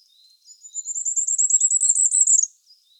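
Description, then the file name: Firecrest giving a single very high phrase of rapid repeated notes climbing in pitch and ending with a quick flourish. "ROITELET TRIPLE NORMAL MONO"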